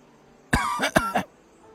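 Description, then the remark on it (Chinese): A single harsh cough, a short burst with a couple of quick rasping pulses, loud and alone against near silence. “咳嗽了一声”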